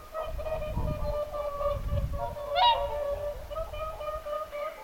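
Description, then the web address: Whooper swans honking, drawn-out harmonic trumpet notes with one sharp rising call, low rumbling noise in the first half. Whooper swans calling at Lintulahti, 6 November 2025. "paivat 6 11 2025 laulujoutsenten aantelya lintulahdella"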